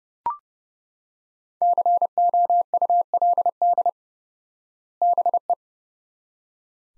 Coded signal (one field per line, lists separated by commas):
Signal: Morse code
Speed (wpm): 30 wpm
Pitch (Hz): 700 Hz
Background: none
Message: COULD BE